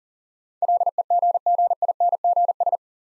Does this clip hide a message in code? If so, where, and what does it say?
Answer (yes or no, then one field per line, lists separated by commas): yes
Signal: Morse code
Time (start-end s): 0.6-2.8 s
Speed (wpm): 40 wpm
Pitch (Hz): 700 Hz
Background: none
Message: LEGGINGS